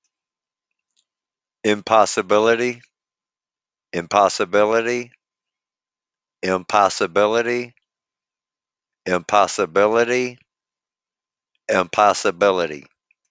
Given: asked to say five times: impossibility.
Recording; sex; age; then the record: repeated word; male; 50 to 59 years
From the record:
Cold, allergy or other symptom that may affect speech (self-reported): no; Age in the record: 58 years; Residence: Michigan, United States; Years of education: 12